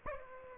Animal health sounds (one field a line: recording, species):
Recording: mosquito wingbeat signal from an infrared sensor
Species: Aedes aegypti